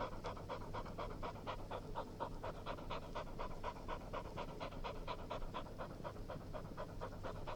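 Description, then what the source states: English springer spaniel panting rapidly and steadily, about two quick breaths every second, with a low constant hum underneath throughout. Domestic dog panting.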